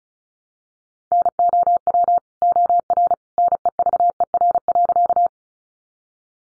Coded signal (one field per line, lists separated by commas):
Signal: Morse code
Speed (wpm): 34 wpm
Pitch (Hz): 700 Hz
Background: none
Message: NOW OR NEVER.